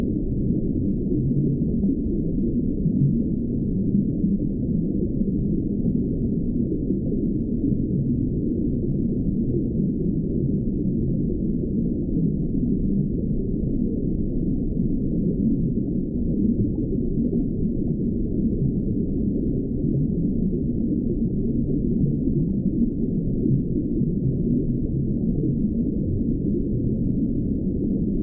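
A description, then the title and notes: A steady underwater wash of noise, deep and muffled, with nothing above a low rumbling hiss. The sound stays dense and even for the whole half minute, with a faint churning texture but no distinct events or calls. Water Sounds Jellyfish Aquarium | Underwater White Noise.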